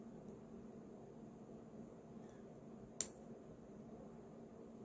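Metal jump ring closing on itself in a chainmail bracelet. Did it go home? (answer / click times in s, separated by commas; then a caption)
yes / 3.0 s. A metal jump ring in a Byzantine chainmail bracelet is squeezed closed with pliers until its cut ends meet, giving one short, sharp snap at 3.0 s over a quiet, steady background hiss. The snap shows the ring edges made a good connection and the ring is properly closed.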